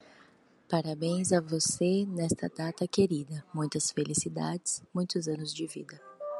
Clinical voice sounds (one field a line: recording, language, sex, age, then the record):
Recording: short text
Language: Brazilian Portuguese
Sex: female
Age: 30 to 39 years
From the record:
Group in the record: control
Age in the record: 39 years